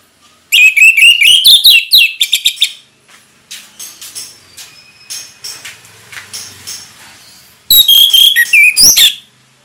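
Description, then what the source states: Orange-headed thrush song: loud bursts of rich, varied whistled notes with rapid slurred phrases, a quieter stretch of faint clicks and notes in between, then another strong whistled burst. Indonesian name anis merah; bird singing actively (gacor) in the ngeplong song style.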